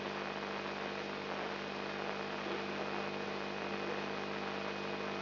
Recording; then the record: brain microelectrode recording played as sound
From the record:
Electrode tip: outside the subthalamic nucleus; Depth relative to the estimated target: -3.5 mm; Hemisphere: left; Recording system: AlphaMap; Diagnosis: Parkinson's disease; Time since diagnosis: 10 years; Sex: male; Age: 56 years